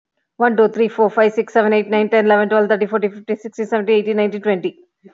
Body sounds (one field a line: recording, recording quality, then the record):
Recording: counting at a fast pace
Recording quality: excellent, no background noise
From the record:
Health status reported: healthy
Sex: female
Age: 44 years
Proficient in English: yes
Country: India